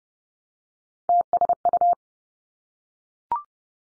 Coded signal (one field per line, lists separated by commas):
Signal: Morse code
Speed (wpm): 30 wpm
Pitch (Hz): 700 Hz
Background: none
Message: TSU